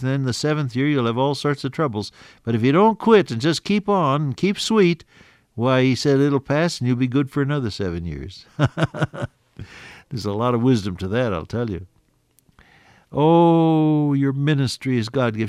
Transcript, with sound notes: And then the 7th year, you’ll have all sorts of troubles, but if you don’t quit and just keep on, and keep sweet, why,” he said, “It’ll pass, and you’ll be good for another seven years.” [chuckle] There’s a lot of wisdom to that, I’ll tell you. Oh, your ministry is God’s gift.